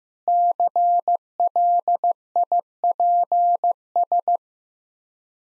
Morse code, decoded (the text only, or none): CLIPS